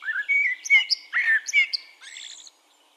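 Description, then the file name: Common blackbird song, a run of mellow warbled notes mixed with brief high squeaks, ending abruptly after about two and a half seconds. "Turdus merula"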